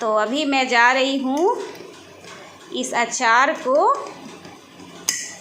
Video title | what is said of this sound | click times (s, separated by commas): proud to be an Indian/सब कुछ पटक के आ गए/आज का दिन ही बहुत खराब था/paneer beetroot paratha recipe | है तो यह लॉक हो गया | 5.1 s